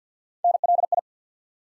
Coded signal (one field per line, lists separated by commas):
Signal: Morse code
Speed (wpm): 48 wpm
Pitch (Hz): 700 Hz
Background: none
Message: NLI